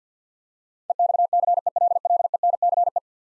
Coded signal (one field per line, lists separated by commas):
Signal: Morse code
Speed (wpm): 47 wpm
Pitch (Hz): 700 Hz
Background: none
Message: EXCELLENCE